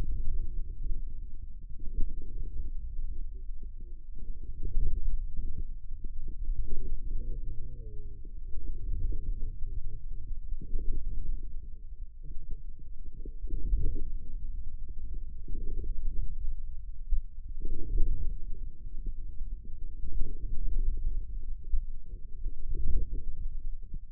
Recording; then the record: forearm muscle sounds (acoustic myography)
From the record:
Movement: inward rotation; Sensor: system 2, bracelet of six BSWA MPA416 microphones around the upper forearm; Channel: 6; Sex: male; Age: 22 years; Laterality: right